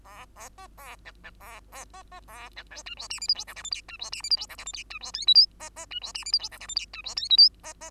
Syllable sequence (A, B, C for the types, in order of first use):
A A B A C C A A B B A C D E F G H I J K L M N E F G H I J K L M N E F O P Q B B E F G H I J K L M N E F O P Q B B